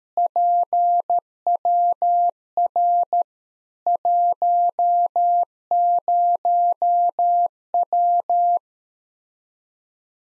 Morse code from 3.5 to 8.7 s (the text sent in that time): 10W